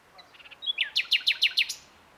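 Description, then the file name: Common nightingale song phrase: a few soft notes, then a loud series of rapid, sharp down-slurred notes in quick, even rhythm. "Luscinia megarhynchos"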